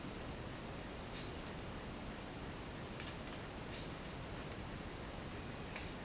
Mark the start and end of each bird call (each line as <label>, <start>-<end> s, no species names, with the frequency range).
bird call (3.8-5.6 kHz), 1.15-1.32 s
bird call (3.2-4.9 kHz), 3.70-4.01 s